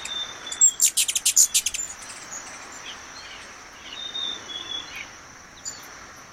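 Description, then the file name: Ruby-throated hummingbird gives a fast series of sharp, dry chips that then stops, over a constant high-pitched insect drone, with a few soft whistled notes. "Canto do beija flor da garganta vermelha"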